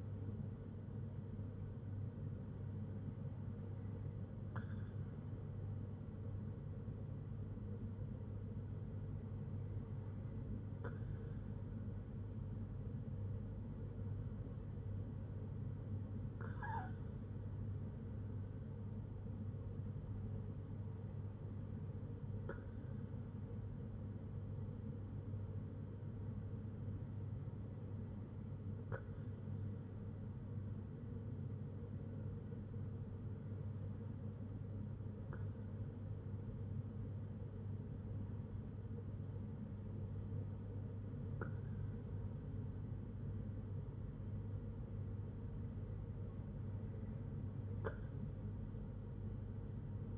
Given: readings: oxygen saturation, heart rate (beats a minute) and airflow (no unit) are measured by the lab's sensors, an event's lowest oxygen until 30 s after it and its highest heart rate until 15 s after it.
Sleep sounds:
breathing in sleep by a smartphone at the bedside; none
none scored
From the record:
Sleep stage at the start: N2 (light sleep); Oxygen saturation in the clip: 94 to 96%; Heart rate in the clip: 57 to 63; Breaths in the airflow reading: 8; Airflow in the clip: -6.3 to 4.2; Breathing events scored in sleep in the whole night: 182 in 7.4 hours asleep

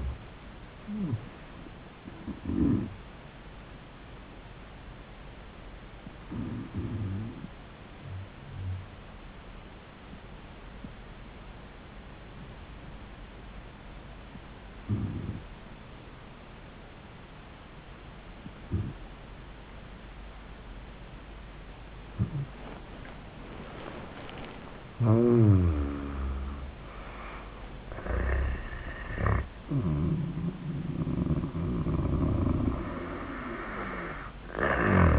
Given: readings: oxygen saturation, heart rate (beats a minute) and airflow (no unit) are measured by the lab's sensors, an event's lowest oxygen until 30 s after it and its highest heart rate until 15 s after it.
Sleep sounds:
breathing in sleep by a voice recorder at the bedside; 1
4.00-25.30 s: hypopnea (N1, oxygen 96% highest, then 84% lowest)
From the record:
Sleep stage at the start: N1 (lightest sleep); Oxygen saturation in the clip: 85 to 96%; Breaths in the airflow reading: 7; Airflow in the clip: -31.2 to 26.5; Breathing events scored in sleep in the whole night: 400 in 8.7 hours asleep

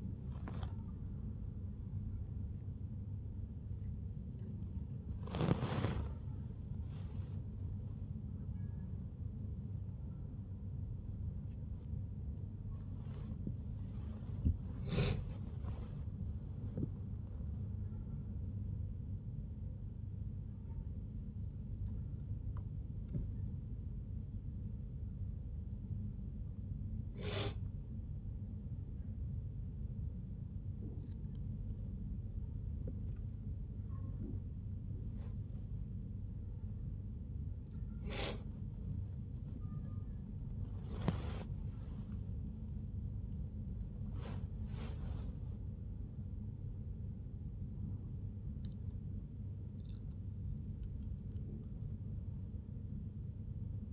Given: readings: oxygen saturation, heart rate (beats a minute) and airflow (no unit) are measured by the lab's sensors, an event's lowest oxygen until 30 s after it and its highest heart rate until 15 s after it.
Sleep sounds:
a person awake in a sleep study, by a smartphone at the bedside; none
0.00-53.93 s: awake
From the record:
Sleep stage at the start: awake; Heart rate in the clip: 89 to 97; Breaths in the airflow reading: 18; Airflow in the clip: -0.7 to 0.8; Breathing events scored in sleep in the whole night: 51 in 8.9 hours asleep

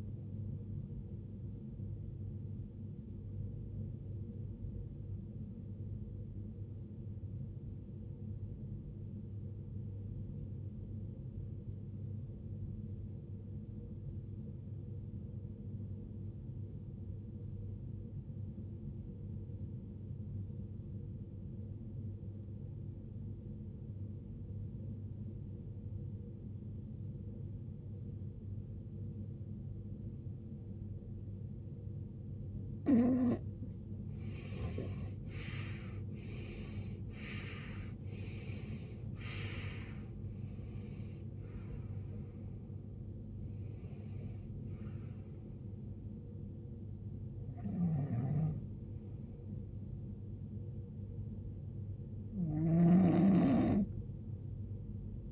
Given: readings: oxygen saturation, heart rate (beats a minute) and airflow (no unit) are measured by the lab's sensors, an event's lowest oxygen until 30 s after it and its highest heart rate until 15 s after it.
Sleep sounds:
breathing in sleep by a smartphone at the bedside; 1
6.00-35.90 s: obstructive apnea (REM, oxygen 95% highest, then 81% lowest, heart rate 65 at the start, 79 highest)
29.00-55.32 s: new sleep stage, N1 (lightest sleep)
From the record:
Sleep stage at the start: REM sleep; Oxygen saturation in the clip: 82 to 95%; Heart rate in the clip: 45 to 79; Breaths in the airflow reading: 7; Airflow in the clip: -22.1 to 21.4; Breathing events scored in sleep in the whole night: 389 in 6.3 hours asleep

